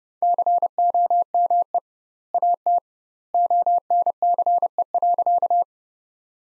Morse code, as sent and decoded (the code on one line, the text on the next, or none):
-.-. --- -- . / .- - / --- -. -.-. . .-.-.-
COME AT ONCE.